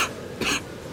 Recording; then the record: coughing mixed with background sound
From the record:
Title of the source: 64 coughing, allergies, singing lungs